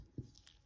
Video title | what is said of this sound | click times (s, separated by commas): Full watch service and repair Cyma 586K | pressure close it until you hear a nice snap to place. | 0.5 s